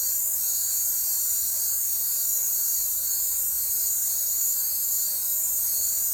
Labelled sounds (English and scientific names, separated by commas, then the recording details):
none
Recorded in forest near Pivijay, Magdalena, Colombia, on 2 June 2023 at 20:00
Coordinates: 10.467, -74.380
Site Z5-G034